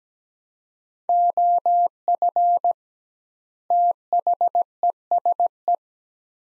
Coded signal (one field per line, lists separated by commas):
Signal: Morse code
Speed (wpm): 17 wpm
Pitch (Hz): 700 Hz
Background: none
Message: OF THESE